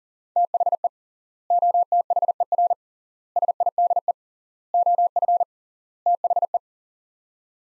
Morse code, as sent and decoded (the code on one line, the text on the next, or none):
- .... . / --- - .... . .-. / ... .. -.. . / --- ..-. / - .... .
THE OTHER SIDE OF THE